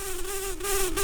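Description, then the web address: Brown-banded carder bee buzzing, a steady low drone that holds a nearly even pitch throughout, with a faint hiss behind it. Queens. "Humilis queens"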